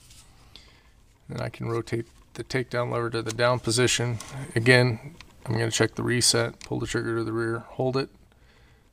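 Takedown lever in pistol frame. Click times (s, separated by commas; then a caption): 0.6 s. A takedown lever is rotated and pushed into a pistol frame, its cam compressing the spring, until it clicks into place at 0.6 s. Someone then talks while the lever is rotated to the down position, and the takedown lever is seated.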